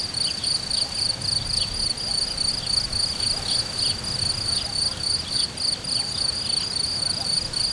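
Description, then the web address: Cricket chirping in a fast, high-pitched, continuous pulsing trill over low rumbling background noise. Hortobágy, 2014, in nature. "tucsok. hortobagy"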